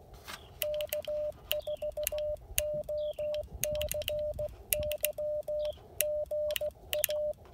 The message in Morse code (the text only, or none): K4OCY GA